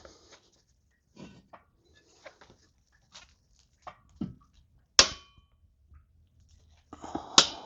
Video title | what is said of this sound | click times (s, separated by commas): Land Rover Jaguar Engine Assembly - TDV6 / SDV6 Diesel - BARE BLOCK TO RUNNING! | All right, you saw me go 90 degrees and you saw that the torque wrench clicked right before hitting 90 degrees on each one of these bolts. | 5.0 s